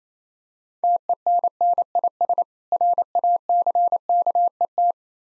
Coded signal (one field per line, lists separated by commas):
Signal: Morse code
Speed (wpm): 27 wpm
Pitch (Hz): 700 Hz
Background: none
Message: TENNIS RACKET